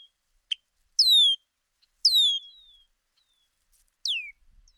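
Bird song: three downward-gliding whistles, the second trailing off softly, after a single sharp chip at the start.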